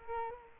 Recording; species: mosquito wingbeat signal from an infrared sensor; Culex quinquefasciatus